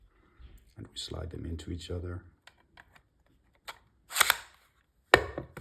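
Someone talks while two opposing 3D-printed tanto knives are slid into each other, with a short scraping rattle as the blades meet. One knife's blade joins the opposing knife with a sharp, loud click at 5.1 s, followed by a few faint ticks. The two knife halves are seated and locked together.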